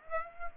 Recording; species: mosquito wingbeat signal from an infrared sensor; Aedes aegypti